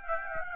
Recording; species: mosquito wingbeat signal from an infrared sensor; Aedes aegypti